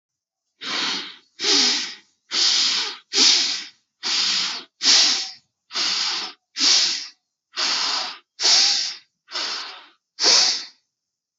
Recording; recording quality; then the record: shallow breathing; excellent, no background noise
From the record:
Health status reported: healthy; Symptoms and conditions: none ticked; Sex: male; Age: 30 years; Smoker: not ticked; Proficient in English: yes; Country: India